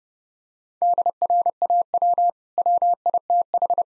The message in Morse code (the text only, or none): DRAW WITH